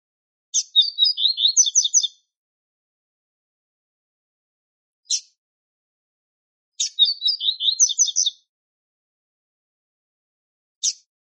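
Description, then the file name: Double-collared seedeater song: two rapid, high chirping phrases about six seconds apart, each followed by a single sharp note, nothing else audible. Male singing. "canto da coleirinha macho"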